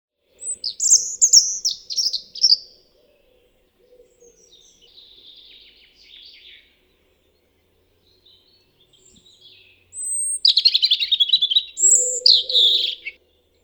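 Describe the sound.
European robin song: two bright phrases of high thin whistles and fast warbled trills, separated by a long pause holding softer, quieter phrases.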